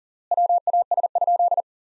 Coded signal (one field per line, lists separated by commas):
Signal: Morse code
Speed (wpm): 40 wpm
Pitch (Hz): 700 Hz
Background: none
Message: WAS?